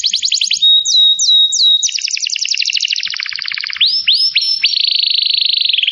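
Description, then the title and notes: Atlantic canary song: fast rolling trills shifting through several pitches, with rising whistled slurs and a steady high buzzy trill near the end. Canary song used as a lure to attract birds. "Pikat Burung Baru. kenari"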